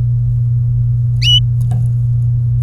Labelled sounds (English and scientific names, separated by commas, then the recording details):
Domestic Canary (Serinus canaria) song
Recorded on 23 April 2018 at 16:05
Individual llb3